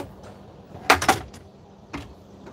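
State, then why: Seated. A fold-down table in a camper van is lifted and locked into its mount, with a sharp latch hit at 0.9 s. Quicker rattling knocks follow around 1.0–1.1 s, then a fainter tap near 1.9 s. The table is seated and locked in place.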